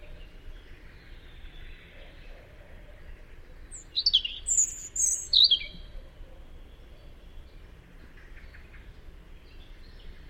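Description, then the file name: European robin song: one brief flurry of high, sparkling notes midway through, otherwise a steady low background rumble. "Tomas Belka - Zaryanka Erithacus rubecula"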